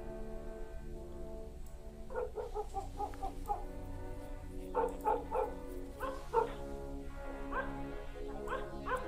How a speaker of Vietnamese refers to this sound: Con chó mực nằm bên cạnh bỗng chồm lên, phóng ra cửa gầm gừ rồi sủa vang mấy tiếng, làm cho bà phải ngẩng lên.